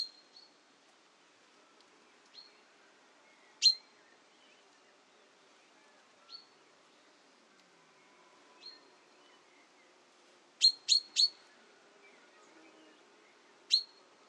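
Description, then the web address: Common chaffinch giving sharp, high chip notes, single ones spaced a few seconds apart, then a quick run of three and a final lone note. "Deverinetal 2025 File origin Bird Only Fr Co"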